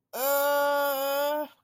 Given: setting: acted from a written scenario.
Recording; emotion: vocal sound without words; embarrassment